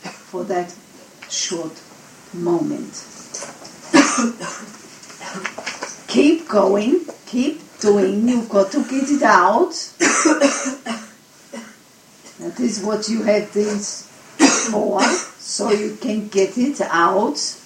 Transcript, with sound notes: for that short moment. (Guest is coughing) Keep going! Keep doing, you've got to get it out! That is what you have this for, so you can get it out.